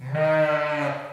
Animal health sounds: contact call of a hoofed animal; sheep; low-frequency (closed-mouth) or high-frequency (open-mouth) call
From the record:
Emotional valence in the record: negative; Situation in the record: short social isolation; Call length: 1.13 s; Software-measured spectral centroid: 1640 Hz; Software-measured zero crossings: 1550 a second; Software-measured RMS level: -23 dBFS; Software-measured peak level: -10 dBFS

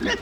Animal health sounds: contact call of a hoofed animal; wild boar; grunt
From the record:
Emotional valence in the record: negative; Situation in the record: naturally occurring agonistic interactions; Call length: 0.21 s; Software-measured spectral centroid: 2280 Hz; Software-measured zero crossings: 2690 a second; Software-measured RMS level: -25 dBFS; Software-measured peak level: -11 dBFS

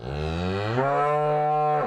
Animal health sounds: contact call of a hoofed animal; cattle; low-frequency (closed-mouth) or high-frequency (open-mouth) call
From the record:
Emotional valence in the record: negative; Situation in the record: full separation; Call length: 1.88 s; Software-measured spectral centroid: 1230 Hz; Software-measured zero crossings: 1370 a second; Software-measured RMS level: -24 dBFS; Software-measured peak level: -11 dBFS

